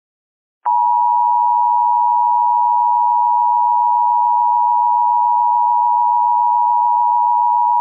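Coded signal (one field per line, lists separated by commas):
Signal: Emergency Alert System (SAME) tones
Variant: 853 and 960 Hz attention tone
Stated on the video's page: Remastered fictional EAS scenario about an airborne virus.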